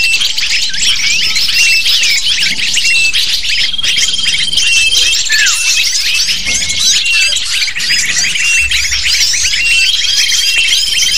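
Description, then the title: Lovebird flock chattering: dense, continuous high squeaky twitters and shrill chirps overlapping throughout, with a few thin steady whistled tones drawn out above the din. Lure recording (pikat) used to attract lovebirds. "PIKAT BURUNG LOVEBIRD"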